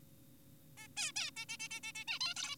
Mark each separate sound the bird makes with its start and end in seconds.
0.78-0.88, 0.97-1.12, 1.16-1.31, 1.37-1.46, 1.49-1.57, 1.60-1.68, 1.71-1.80, 1.84-1.92, 1.96-2.04, 2.08-2.19, 2.21-2.34, 2.36-2.56